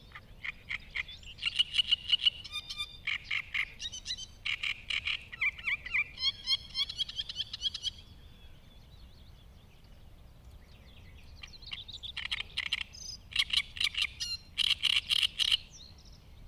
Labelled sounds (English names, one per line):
Great Reed Warbler song